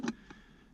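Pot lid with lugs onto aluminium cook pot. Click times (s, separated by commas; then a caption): 0.1 s. The aluminium lid of a Trangia Mini camp cookset is closed onto its aluminium pot, and the lid's lugs engage with a sharp click at 0.1 s, followed by a fainter tick at 0.3 s. The lid is seated and locked shut.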